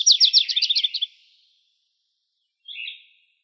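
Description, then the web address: Grace's warbler song ending in a quick run of high repeated notes, then silence and one brief note. Recorded in Arizona on 16 May 2003. "Dendroica GRWA 051603. deviche"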